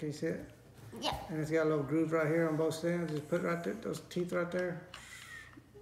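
A small detachable plastic part of a toy ghost whistle is being lined up by its teeth and the groove on both ends against the whistle body while someone talks. Nothing has seated or clicked yet; the clip ends just before the part snaps back in and is twisted on.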